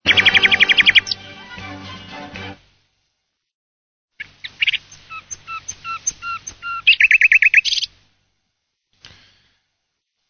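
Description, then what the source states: Nightingale song: a rapid run of repeated rattling notes, a pause, then spaced, slurred whistles leading into a fast churring trill, with low background hum. Played in the background at the start of a talk.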